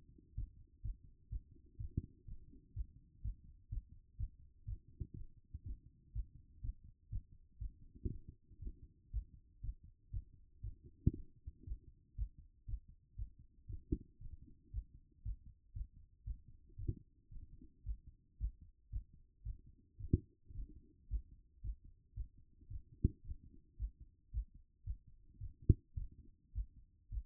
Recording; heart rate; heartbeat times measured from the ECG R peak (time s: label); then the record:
heart sounds by stethoscope; 116 bpm
0.34 s: heartbeat
0.81 s: heartbeat
1.29 s: heartbeat
1.77 s: heartbeat
2.25 s: heartbeat
2.73 s: heartbeat
3.21 s: heartbeat
3.69 s: heartbeat
4.16 s: heartbeat
4.65 s: heartbeat
5.13 s: heartbeat
5.63 s: heartbeat
6.12 s: heartbeat
6.61 s: heartbeat
7.09 s: heartbeat
7.58 s: heartbeat
8.08 s: heartbeat
8.59 s: heartbeat
9.10 s: heartbeat
9.60 s: heartbeat
10.10 s: heartbeat
10.61 s: heartbeat
11.12 s: heartbeat
11.64 s: heartbeat
12.15 s: heartbeat
12.65 s: heartbeat
13.15 s: heartbeat
13.66 s: heartbeat
14.18 s: heartbeat
14.71 s: heartbeat
15.22 s: heartbeat
15.72 s: heartbeat
16.24 s: heartbeat
16.76 s: heartbeat
17.29 s: heartbeat
17.83 s: heartbeat
18.37 s: heartbeat
18.89 s: heartbeat
19.43 s: heartbeat
19.97 s: heartbeat
20.52 s: heartbeat
21.08 s: heartbeat
21.61 s: heartbeat
22.14 s: heartbeat
22.68 s: heartbeat
23.21 s: heartbeat
23.76 s: heartbeat
24.30 s: heartbeat
24.83 s: heartbeat
25.38 s: heartbeat
25.94 s: heartbeat
26.52 s: heartbeat
27.08 s: heartbeat
From the record:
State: after exercise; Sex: male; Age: 39 years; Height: 186 cm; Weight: 113 kg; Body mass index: 32.66